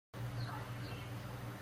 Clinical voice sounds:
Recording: spoken sentence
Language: Brazilian Portuguese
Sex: male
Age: 20 to 29 years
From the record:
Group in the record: control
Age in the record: 20 years

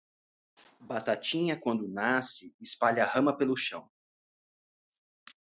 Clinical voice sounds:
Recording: short text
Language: Brazilian Portuguese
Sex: male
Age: 40 to 49 years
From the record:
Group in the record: control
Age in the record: 40 years

